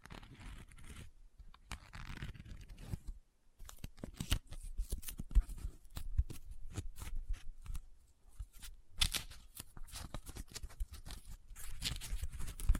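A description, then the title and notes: Paper handled very close up, with dense crinkling, scratching and rubbing bursts that come and go irregularly across the whole clip. Sharp crisp snaps punctuate the rustling, with brief near-silent pauses around three and eight seconds. The sound is bright and dry. ASMR Close Up Paper Sounds - Folding, Scratching, Rubbing, Crinkle (No Talking).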